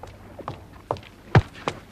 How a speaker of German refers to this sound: Glücklicherweise hörte ich Schritte näher kommen. Rasche Schritte.